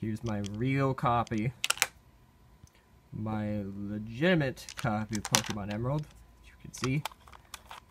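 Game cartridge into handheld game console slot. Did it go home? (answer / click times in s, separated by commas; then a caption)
yes / 7.5 s. Someone talks while pushing a legitimate original plastic Pokemon Emerald game cartridge into the cartridge slot of a backlit Game Boy handheld with an AGS-101-based screen. Light clicks and handling taps come between the speech, and the cartridge slides in easily and snaps into place at 7.5 s, sitting flush in the slot.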